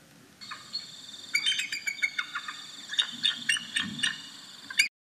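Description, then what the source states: Bald eagle call, a thin, high series of piping whistles and chittering notes, squeaky and uneven, in a broken run of several seconds. The real call, played as an example, described as sounding like a squeaky toy and pathetic.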